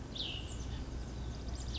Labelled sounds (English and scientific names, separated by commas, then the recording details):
Cassin's Vireo (Vireo cassinii)
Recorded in Sonoma County, California